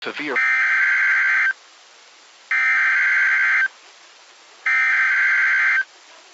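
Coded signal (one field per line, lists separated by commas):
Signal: Emergency Alert System (SAME) tones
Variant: header bursts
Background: speech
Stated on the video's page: National Weather Service Cleveland Tornado Warning EAS activation, real alert.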